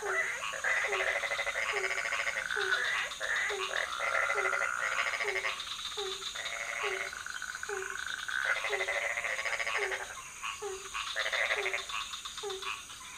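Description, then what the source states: Frog chorus of quick low croaks repeated steadily, with intermittent crackling trills above. Several frog species calling at night in a pond near a hotel in Ubud, Bali, Indonesia; recorded with Sony PCM D50, Rode NT4 and Rode boompole.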